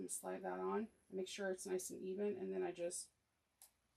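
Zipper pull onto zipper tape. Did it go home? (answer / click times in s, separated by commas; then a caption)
yes / 3.6 s. A zipper pull (slider) is slid onto the end of a bag's zipper tape and pushed on while someone talks. After the talking stops, a single short, sharp click is heard at 3.6 s. The pull snaps into place and is seated on the zipper.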